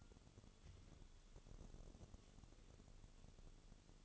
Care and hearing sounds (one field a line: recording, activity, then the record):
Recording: daily activity, microphone in the room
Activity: take from stove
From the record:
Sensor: 4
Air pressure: 1008.9 hPa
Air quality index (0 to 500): 128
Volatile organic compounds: 1 ppm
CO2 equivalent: 932 ppm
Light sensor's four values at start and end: 10/24/9/9 and 11/24/9/9